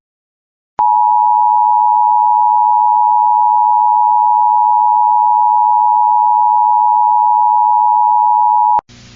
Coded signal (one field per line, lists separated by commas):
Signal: Emergency Alert System (SAME) tones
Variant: 853 and 960 Hz attention tone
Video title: FFW (EAS 34)